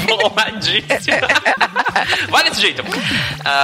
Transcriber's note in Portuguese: risos